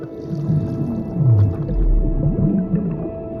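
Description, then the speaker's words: Blue whale song: low, sliding moaning tones with a deep rumble underneath. Blue whales are the largest and loudest animals, louder than a rocket, able to hear each other up to 1500 km away. "En wat je hoort is het gezang van een blauwe vinvis."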